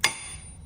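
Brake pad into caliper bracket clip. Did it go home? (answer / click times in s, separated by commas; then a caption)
yes / 0.0 s. An inner front brake pad on a 2016 Equinox Terrain is set into the bottom of the caliper bracket, lined up, then pushed and squeezed into the metal abrasion clip. One sharp, loud snap is heard at 0.0 s, followed by a quieter fading tail. The pad seats in the clip.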